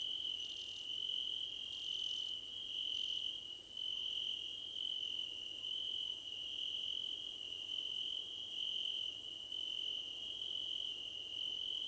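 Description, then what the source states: Crickets trill continuously while higher rapid pulses come in bursts, separated by short pauses, many insects overlapping. Crickets in a chorus described as a choir competition.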